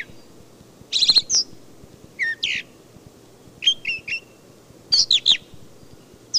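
Brown thrasher song, loud clipped phrases, each note sequence repeated two or three times, with short pauses between them.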